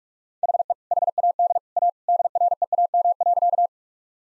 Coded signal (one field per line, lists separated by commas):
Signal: Morse code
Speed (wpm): 41 wpm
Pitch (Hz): 700 Hz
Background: none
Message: HE HAD A DREAM.